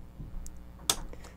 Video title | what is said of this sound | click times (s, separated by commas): New CNC project Announcement - Complete tutorials and more | and click into place. | 0.9 s